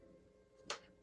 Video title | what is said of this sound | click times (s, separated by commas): All about the alto saxophone, my first video of the saxophone | place it in the saxophone and give it a slight push. You should hear a click. | 0.7 s